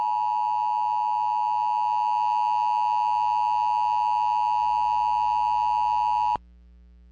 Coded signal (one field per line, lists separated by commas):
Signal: Emergency Alert System (SAME) tones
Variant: 853 and 960 Hz attention tone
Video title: Severe Thunderstorm Warning on KDLR-AM (7/14/2022) (EAS #1668)